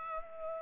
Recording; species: mosquito wingbeat signal from an infrared sensor; Culex pipiens